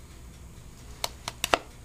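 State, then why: Seated. A handgun is pushed back into a conditioned leather holster to show the retention snap. A few sharp clicks sound over quiet background noise, and the pistol snaps into place at about 1.4 s. No talking is heard.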